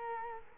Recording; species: mosquito wingbeat signal from an infrared sensor; Culex quinquefasciatus